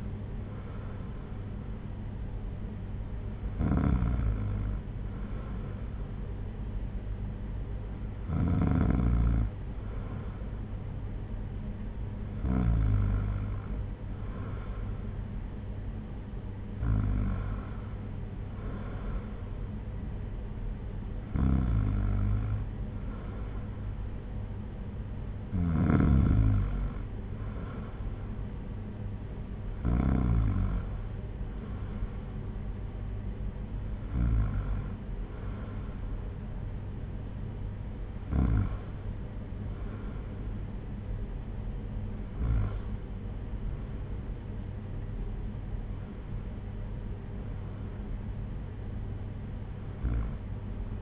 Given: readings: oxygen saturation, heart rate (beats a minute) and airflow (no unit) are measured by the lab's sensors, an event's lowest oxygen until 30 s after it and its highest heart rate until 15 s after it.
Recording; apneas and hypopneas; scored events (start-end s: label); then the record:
breathing in sleep by a smartphone at the bedside; none
none scored
From the record:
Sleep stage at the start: N2 (light sleep); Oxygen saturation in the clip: 94%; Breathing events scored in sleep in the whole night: 226 in 8.8 hours asleep